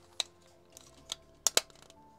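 Plastic parts of an Iron Spider model kit are pressed together, with a few lighter plastic ticks around 0.2 and 1.1 seconds. Two sharp, bright clicks follow at 1.5 and 1.6 seconds as the figure part snaps into its matching part. The parts are clipped together and seated.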